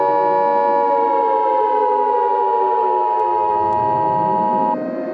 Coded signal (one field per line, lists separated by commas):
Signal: Emergency Alert System (SAME) tones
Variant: 853 and 960 Hz attention tone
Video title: Objects Arise - A BFDI EAS Scenario (PART 1)